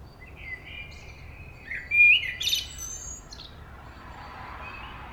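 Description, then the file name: Common blackbird giving a short fluted whistle followed by a sudden high squeaky twitter and a thin high trailing note. "Turdus merula"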